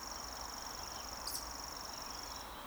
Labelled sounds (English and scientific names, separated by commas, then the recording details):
Eurasian Woodcock (Scolopax rusticola) whistle
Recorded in Baden-Württemberg, Germany, on 20 June 2020 at 19:41 UTC
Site 46046, 702 m above sea level